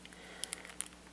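An accessory is pushed into the grip of a plastic Power Rangers Lightning Collection Mighty Morphin White Ranger action figure's hand. Small plastic taps are heard at about 0.4 and 0.5 seconds, with a sharper snap at 0.8 seconds. The accessory is not all the way into the hand yet.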